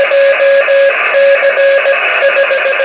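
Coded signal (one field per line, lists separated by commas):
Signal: none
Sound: guitar music notes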